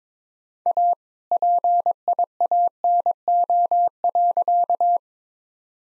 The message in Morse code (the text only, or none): A PIANO.